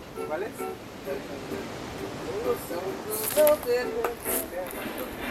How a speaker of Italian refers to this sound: Quello che rimane sempre costante è il respiro del mare. Lo posso sentire, dalla mia nuova casa, l'oceano che rimbomba.